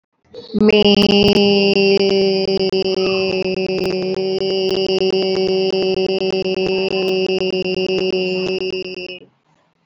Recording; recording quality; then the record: sustained vowel as in made; excellent, no background noise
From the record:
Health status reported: recovered from COVID-19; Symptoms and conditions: cough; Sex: female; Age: 27 years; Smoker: not ticked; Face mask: not worn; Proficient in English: yes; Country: India